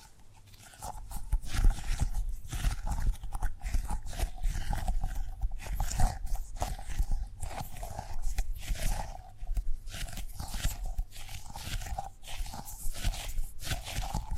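Tapping and gripping sounds begin after a quiet first second, then continue as dense, irregular taps and knocks with low thuds throughout.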